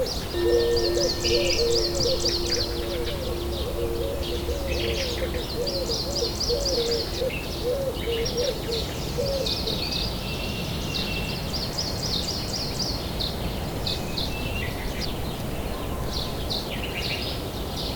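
Nature sounds: bright bird chirps repeat in quick bursts throughout, over a steady low rumble. For the first ten seconds a lower, wavering run of hooting notes rolls along beneath them, then fades, leaving the birds and the rumble.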